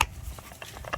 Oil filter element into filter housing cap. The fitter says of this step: you hear that click when you press it in it holds it in place